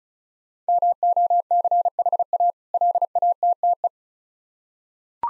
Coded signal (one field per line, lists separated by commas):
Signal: Morse code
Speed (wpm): 36 wpm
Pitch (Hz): 700 Hz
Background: none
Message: MOCHA LATTE